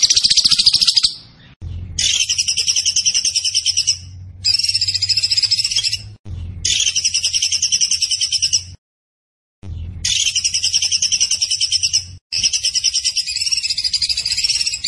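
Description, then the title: Zebra finch song: bursts of fast, buzzy, pulsed trills, high-pitched and steady, separated by short silences, with a low hum beneath. Tembakan bird singing actively (gacor); master recording used for training cage birds. "Masteran Burung Tembakan Gacor"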